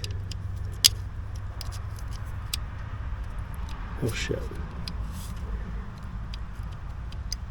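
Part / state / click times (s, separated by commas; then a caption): wire terminal into fuse box connector slot / seated / 7.3 s. A wire terminal is pushed into a fuse box connector slot during a Mercedes Sprinter T1N swap to power windows, over a steady low hum with scattered sharp ticks while someone talks. The terminal clicks and locks in at 7.3 s, seated in the very bottom row of the fuse block rather than the intended one.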